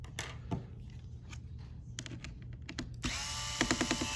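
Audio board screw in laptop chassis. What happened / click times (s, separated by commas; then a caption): The screw clicks free of its thread / 3.6 s, 3.7 s, 3.8 s, 3.9 s. A powered screwdriver loosens the three screws on the audio port board of a Lenovo Yoga 11e Gen 5 laptop chassis, with scattered taps before the motor whines steadily from about 3.0 s. The captive screw then clicks free of its thread with regular ratcheting clicks at 3.6, 3.7, 3.8 and 3.9 s, showing it is loose and released.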